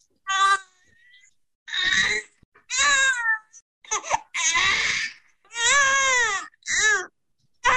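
About seven loud, tense, high-pitched wails in quick succession, broken by short gasping pauses, rising in urgency. This is an infant's pain cry from lower abdominal wind, or colic: trapped air pushed down by milk, causing distress.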